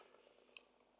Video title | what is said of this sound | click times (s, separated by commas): BMW motorrad Sat-Nav holder. reusing the original lock barrel and a different key. | So it gets pushed in, clicks into place, and the fin pops up and holds it. | 0.6 s